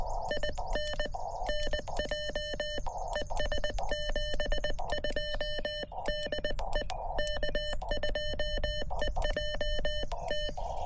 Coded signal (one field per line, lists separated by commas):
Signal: Morse code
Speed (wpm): 20 wpm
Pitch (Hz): 3000 Hz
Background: none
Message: IN NJ ES 72 DE K2EJT